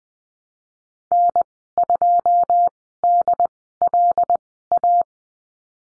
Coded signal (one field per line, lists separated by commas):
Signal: Morse code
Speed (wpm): 20 wpm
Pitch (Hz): 700 Hz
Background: none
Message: N2DLA